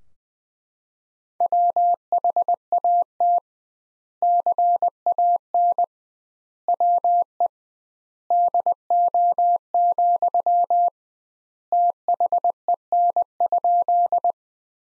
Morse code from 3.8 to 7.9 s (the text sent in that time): CAN WE